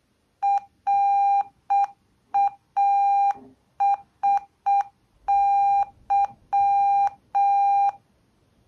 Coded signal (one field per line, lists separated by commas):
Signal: Morse code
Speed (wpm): 6 wpm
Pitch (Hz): 800 Hz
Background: none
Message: RASY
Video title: Ważna wiadomość alfabetem Morse'a